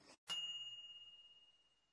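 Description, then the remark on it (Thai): A microwave oven's finished chime after heating food: a brief click, then one bright, high-pitched bell ding that rings on and slowly fades over nearly two seconds, with no voices. “นี่เป็นเสียงเตาไมโครเวฟอุ่นอาหารเสร็จแล้วค่ะ ครับคำที่ใช้อธิบายเสียงนี้คือ จริง”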